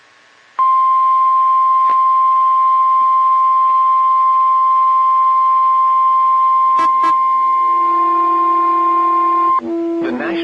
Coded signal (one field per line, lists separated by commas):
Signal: Emergency Alert System (SAME) tones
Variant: 1050 Hz attention tone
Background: speech